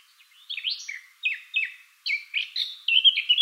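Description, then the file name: Eurasian blackcap singing short bursts of chattering warble, separated by brief pauses, then a livelier phrase of bright, mellow whistled notes. "Sylvia atricapilla"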